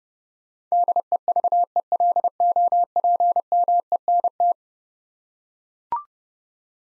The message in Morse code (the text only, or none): DEVELOPMENT